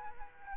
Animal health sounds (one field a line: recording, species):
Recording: mosquito wingbeat signal from an infrared sensor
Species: Aedes aegypti